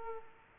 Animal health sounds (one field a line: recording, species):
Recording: mosquito wingbeat signal from an infrared sensor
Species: Aedes aegypti